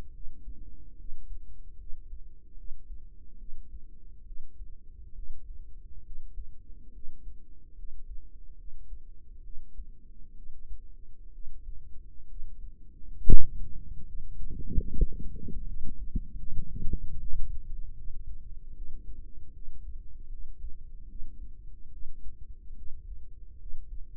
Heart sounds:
heart sounds by microphone in the right ear; 72 bpm
0.11 s: heartbeat
0.96 s: heartbeat
1.76 s: heartbeat
2.55 s: heartbeat
3.36 s: heartbeat
4.23 s: heartbeat
5.13 s: heartbeat
6.02 s: heartbeat
6.91 s: heartbeat
7.74 s: heartbeat
8.55 s: heartbeat
9.41 s: heartbeat
10.33 s: heartbeat
11.30 s: heartbeat
12.26 s: heartbeat
13.19 s: heartbeat
14.03 s: heartbeat
14.83 s: heartbeat
15.62 s: heartbeat
16.36 s: heartbeat
17.16 s: heartbeat
17.94 s: heartbeat
18.72 s: heartbeat
19.51 s: heartbeat
20.28 s: heartbeat
21.06 s: heartbeat
21.89 s: heartbeat
22.73 s: heartbeat
23.56 s: heartbeat
From the record:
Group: healthy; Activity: rest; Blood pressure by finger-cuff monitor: 123/66 mmHg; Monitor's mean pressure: 82 mmHg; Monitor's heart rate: 71 bpm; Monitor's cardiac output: 5.9 L/min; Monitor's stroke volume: 81 mL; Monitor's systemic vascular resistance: 1020 dyn s/cm5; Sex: female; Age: 32 years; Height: 168 cm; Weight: 61.9 kg

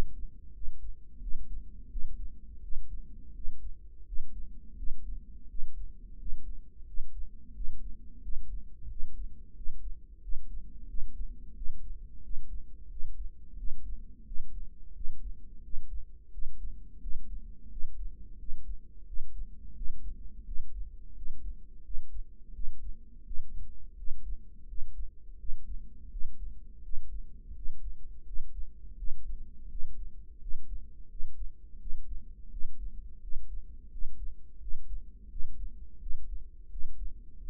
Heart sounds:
heart sounds by microphone in the right ear; 86 bpm
0.55 s: heartbeat
1.23 s: heartbeat
1.92 s: heartbeat
2.64 s: heartbeat
3.36 s: heartbeat
4.08 s: heartbeat
4.78 s: heartbeat
5.50 s: heartbeat
6.20 s: heartbeat
6.88 s: heartbeat
7.56 s: heartbeat
8.24 s: heartbeat
8.91 s: heartbeat
9.57 s: heartbeat
10.23 s: heartbeat
10.89 s: heartbeat
11.57 s: heartbeat
12.25 s: heartbeat
12.91 s: heartbeat
13.59 s: heartbeat
14.27 s: heartbeat
14.96 s: heartbeat
15.65 s: heartbeat
16.33 s: heartbeat
17.02 s: heartbeat
17.72 s: heartbeat
18.40 s: heartbeat
19.08 s: heartbeat
19.77 s: heartbeat
20.47 s: heartbeat
21.17 s: heartbeat
21.85 s: heartbeat
22.55 s: heartbeat
23.26 s: heartbeat
23.98 s: heartbeat
24.69 s: heartbeat
25.40 s: heartbeat
26.12 s: heartbeat
26.84 s: heartbeat
27.57 s: heartbeat
28.27 s: heartbeat
28.98 s: heartbeat
29.71 s: heartbeat
30.42 s: heartbeat
31.11 s: heartbeat
31.81 s: heartbeat
32.52 s: heartbeat
33.23 s: heartbeat
33.93 s: heartbeat
34.62 s: heartbeat
35.31 s: heartbeat
36.02 s: heartbeat
36.72 s: heartbeat
37.41 s: heartbeat
From the record:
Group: healthy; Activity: rest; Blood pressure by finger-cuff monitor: 143/86 mmHg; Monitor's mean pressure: 105 mmHg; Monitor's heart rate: 87 bpm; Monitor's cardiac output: 7.1 L/min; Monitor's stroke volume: 83 mL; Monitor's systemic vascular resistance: 1090 dyn s/cm5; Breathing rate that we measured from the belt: 20 breaths a minute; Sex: male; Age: 21 years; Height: 175 cm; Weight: 72.6 kg

